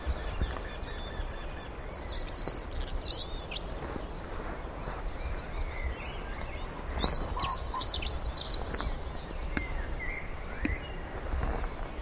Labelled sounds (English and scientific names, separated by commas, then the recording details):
European Stonechat (Saxicola rubicola)
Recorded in the wild
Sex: male
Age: adult
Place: Hobrechtsfelder Rieselfelder, Naturpark Barnim, Berlin, DE
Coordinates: 52.6631, 13.4806
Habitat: irrigation field
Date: 2010-04-18
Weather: fair, 5°C, no wind
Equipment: Sound Devices 702, Sennheiser MKH 70, Rycote Windschutz
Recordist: Frommolt, Karl-Heinz